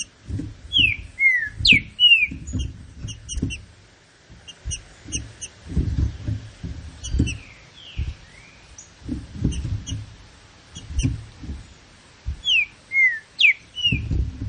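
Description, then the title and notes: Green-winged saltator song: rich, slurred whistles in two- and three-note phrases, repeated several times, with faint high ticks and low thudding noise between them. Classic-style song of the green-winged saltator, used for training birds. "Canto Clássico Trinca Ferro TREINAMENTO. trinca fero"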